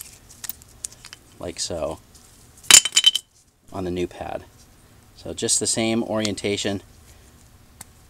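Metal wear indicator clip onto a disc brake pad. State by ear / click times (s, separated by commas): seated / 7.8 s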